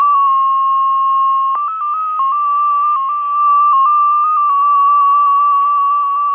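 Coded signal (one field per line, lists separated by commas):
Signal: numbers station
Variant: XPA2 MFSK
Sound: steady warbling tone hopping rapidly between a few nearby pitches, several steps per second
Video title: XPA2 - 2120z 27 July 2014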